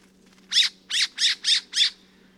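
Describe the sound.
Bird squawks: five harsh, raspy notes in a steady sequence, with a faint low hum in the background.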